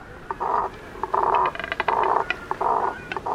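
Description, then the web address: Double-crested cormorant calls: hoarse, guttural croaks in short pulsed bursts, roughly one or two each second. Deep, guttural calls from a nesting colony of double-crested cormorants. "Birdnote 2005 April -Double-Crested-Cormorant"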